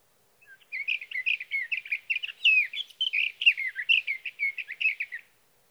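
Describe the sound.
Sage thrasher song, a sustained rambling warble of high, varied notes delivered quickly and continuously for about five seconds.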